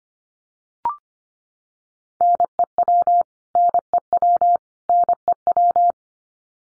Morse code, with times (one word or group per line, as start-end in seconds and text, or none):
2.2-3.2 NEW
3.6-4.6 NEW
4.9-5.9 NEW